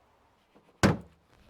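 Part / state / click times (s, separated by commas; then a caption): plastic trim panel clipped onto car tailgate inner panel / seated / 0.8 s. After the loose clip tabs are refitted, the plastic trunk-lid trim panel is pushed back onto the tailgate inner panel of a Mercedes GL/ML/R (X164/W164/W251) during a sticky trunk handle repair. A few faint soft sounds come first, then the clips snap into place with one loud, deep thunk at 0.8 s that fades quickly. The panel is seated.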